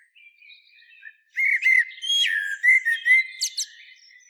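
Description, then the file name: Common blackbird starts with soft, thin notes, then breaks into loud, fluty warbles with rising slurs and a few high squeaky accents. "Turdus merula"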